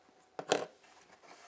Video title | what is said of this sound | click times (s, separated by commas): 7RYMS iRAY DW30 Wireless-Lavalier-Microphone System (Quick Look Kind of) | and we have 2 transmitters, and this is also magnetic, so this just snaps right in. | 0.4 s, 0.5 s